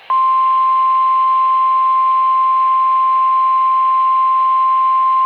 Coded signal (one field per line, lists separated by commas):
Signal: Emergency Alert System (SAME) tones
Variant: 1050 Hz attention tone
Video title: Required Weekly test (Noaa Weather Radio) EAS #15 KHB29